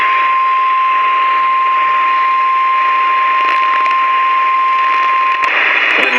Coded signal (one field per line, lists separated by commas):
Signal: Emergency Alert System (SAME) tones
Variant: 1050 Hz attention tone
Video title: DOUBLE SVR ANOTHER SEVERELY TIMES... EAS Alerts from 8/18/25 (EAS#4,548 - 4,576)